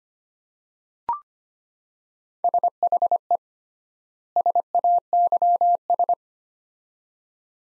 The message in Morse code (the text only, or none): SHE SAYS